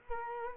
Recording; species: mosquito wingbeat signal from an infrared sensor; Culex quinquefasciatus